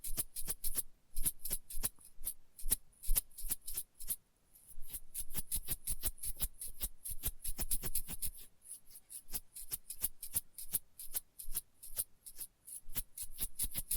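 Test tubes give rapid, bright clicking and tapping in dense irregular bursts, pausing briefly near four seconds, with a crisp hiss riding high above.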